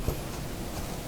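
A snap fastener on the fabric lining of a sewn overnight bag is handled as it is brought toward its mating half, with a soft brief knock near 0.1 s over a steady low rustle. Nothing has seated or clicked yet; the clip ends before the snap closes.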